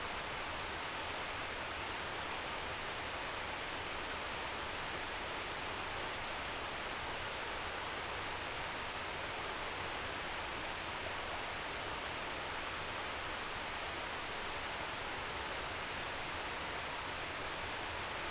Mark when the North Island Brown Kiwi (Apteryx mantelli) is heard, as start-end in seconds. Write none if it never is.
none